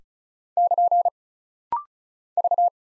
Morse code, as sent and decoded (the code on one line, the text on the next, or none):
-.--. / ...-
<KN> V